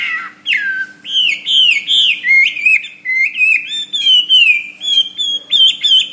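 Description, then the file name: Hwamei delivering loud rich whistles, downslurred and looping notes strung into a flowing, varied phrase without break. "omkicau hwamey"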